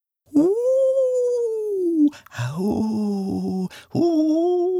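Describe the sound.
Girls howl like a ghost in long, wavering tones, first a sustained falling wail, then a lower groaning moan with wobbles, and a final rising howl, loud and with no other sound.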